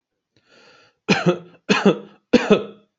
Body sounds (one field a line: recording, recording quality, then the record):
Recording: shallow voluntary cough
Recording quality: excellent, no background noise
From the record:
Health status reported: healthy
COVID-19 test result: not tested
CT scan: not taken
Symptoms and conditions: none ticked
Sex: male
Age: 37 years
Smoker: no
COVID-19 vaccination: both doses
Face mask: not worn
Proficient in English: yes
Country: India